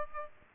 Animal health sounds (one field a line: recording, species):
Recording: mosquito wingbeat signal from an infrared sensor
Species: Aedes aegypti